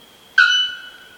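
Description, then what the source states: Bare-throated Bellbird giving a single sudden, ringing metallic note that starts sharply and rings on, slowly fading. Exceptionally loud metallic call, audible nearly a mile away; national bird of Paraguay.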